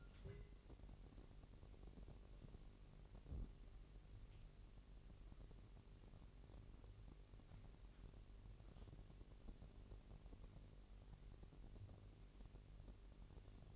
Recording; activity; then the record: daily activity, microphone in the room; take from stove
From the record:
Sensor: 4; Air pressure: 1002.9 hPa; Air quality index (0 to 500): 235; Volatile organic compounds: 10 ppm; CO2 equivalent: 2206 ppm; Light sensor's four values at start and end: 7/15/6/6 and 7/15/6/6